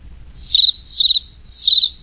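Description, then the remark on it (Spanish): A large cricket chirps three times by rubbing its wings, each chirp a quick burst of high, buzzy pulses, evenly spaced and fairly loud over a low background hum. “¡Bienvenido!, le cantó un grillo grande frotando las alas.”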